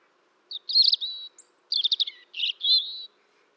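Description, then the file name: European robin song: high, liquid warbles and a quick stuttering trill, with a brief thin whistle, delivered in one varied, hurried phrase. "Erithacus rubecula"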